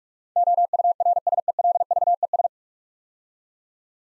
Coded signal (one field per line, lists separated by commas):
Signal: Morse code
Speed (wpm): 44 wpm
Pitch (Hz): 700 Hz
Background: none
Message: OURSELVES